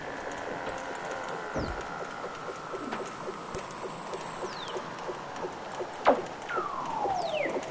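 Weddell seal calls: sharp downward sweeps and a long falling glide, with scattered clicks.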